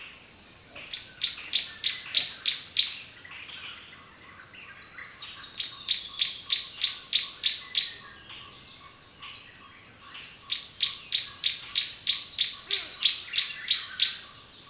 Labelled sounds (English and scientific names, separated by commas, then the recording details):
Green-backed Camaroptera (Camaroptera brachyura)
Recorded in Kibale, Uganda